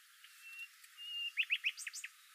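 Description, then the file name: Common nightingale song fragment: two long, thin, level whistles, then three loud rich notes followed by a few quicker higher notes. "Luscinia megarhynchos"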